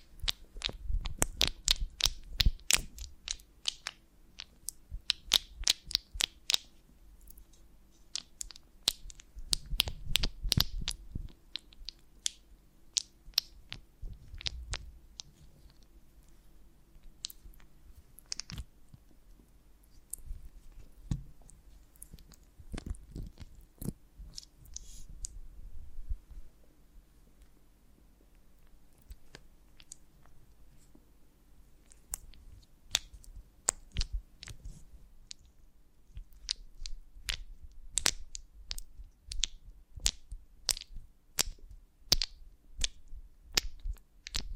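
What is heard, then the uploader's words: Honeycomb on a branch being handled, with crisp, sharp clicks and crackles arriving in quick bursts. The snaps are densest in the first twelve seconds and again after about thirty-five seconds, with sparser, quieter ticks between and a low steady hum underneath. ASMR of a Honeycomb on Branch (No Talking).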